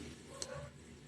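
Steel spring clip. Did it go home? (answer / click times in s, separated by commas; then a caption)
yes / 0.4 s. A release bearing is fitted onto the clutch fork of a Mitsubishi Adventure 4D56 engine's clutch assembly, snapping into its metal retaining lock. A single sharp click is heard at 0.4 s over low background hum. The bearing is confirmed locked in place.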